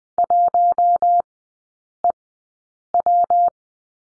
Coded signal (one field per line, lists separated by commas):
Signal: Morse code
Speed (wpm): 20 wpm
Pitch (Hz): 700 Hz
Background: none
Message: 1EW